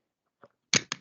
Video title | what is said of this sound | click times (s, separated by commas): Lesson 9 - Constants | we hear the click and then I'm going to complete the loop bike the | 0.7 s, 0.9 s